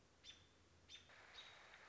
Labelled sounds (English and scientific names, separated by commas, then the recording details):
American Robin (Turdus migratorius)
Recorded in Sonoma County, California